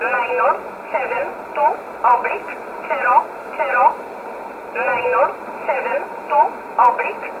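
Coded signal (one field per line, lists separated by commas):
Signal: numbers station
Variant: E11 Oblique, English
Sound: female-type voice reading short evenly spaced words over sideband radio, about ten words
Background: radio static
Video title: 13 11 2019 E11 Oblique Numbers station in English 1626 on 5082 unknown tx site in USB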